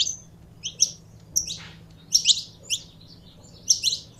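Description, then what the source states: Canary song in short, high chirps and slurred whistles, spaced in brief bursts with pauses between, over a faint low hum. Purebred Belgian canary singing.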